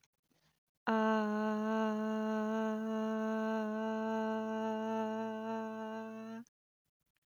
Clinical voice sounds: vowel held as long as possible; female; 20 to 29 years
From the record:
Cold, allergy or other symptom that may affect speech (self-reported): no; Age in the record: 21 years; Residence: New Jersey, United States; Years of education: 15

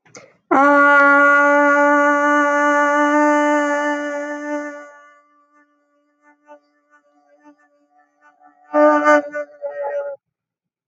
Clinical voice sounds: vowel held as long as possible; female; 30 to 39 years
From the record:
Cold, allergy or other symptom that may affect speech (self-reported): no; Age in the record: 32 years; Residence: New York, United States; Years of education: 16

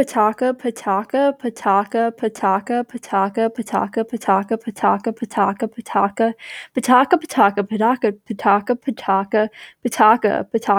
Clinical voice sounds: repeated syllables /pa ta ka/; female; 20 to 29 years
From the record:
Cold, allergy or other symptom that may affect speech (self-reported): no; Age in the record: 21 years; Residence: Virginia, United States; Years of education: 16

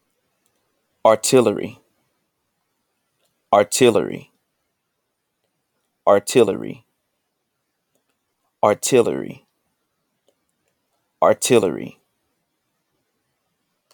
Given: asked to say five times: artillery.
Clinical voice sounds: repeated word; male; 20 to 29 years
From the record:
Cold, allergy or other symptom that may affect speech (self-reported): no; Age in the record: 23 years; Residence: Texas, United States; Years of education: 17

